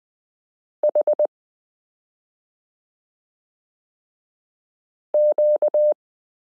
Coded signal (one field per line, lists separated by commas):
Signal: Morse code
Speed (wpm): 20 wpm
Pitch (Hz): 600 Hz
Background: none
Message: H Q